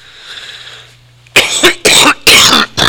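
After a quiet moment, an adult gives a run of about five sharp, harsh coughs, as if clearing throat irritation.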